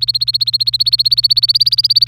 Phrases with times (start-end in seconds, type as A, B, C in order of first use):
0.00-2.08 A